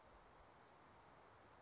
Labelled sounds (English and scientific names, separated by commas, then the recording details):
Chestnut-backed Chickadee (Poecile rufescens)
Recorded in Sonoma County, California